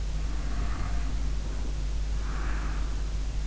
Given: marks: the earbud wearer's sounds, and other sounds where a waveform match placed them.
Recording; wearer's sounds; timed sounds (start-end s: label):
sounds in sleep by an in-ear microphone; breath
0.00-3.04 s: breath